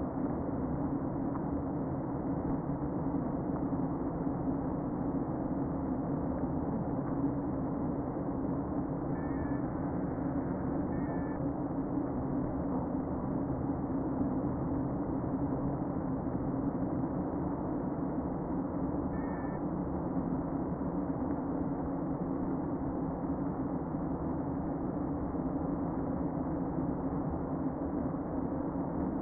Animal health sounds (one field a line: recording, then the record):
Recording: honeybee colony, microphone inside the hive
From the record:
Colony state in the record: queen present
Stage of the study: before two queens were removed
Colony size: about 60,000 bees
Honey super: yes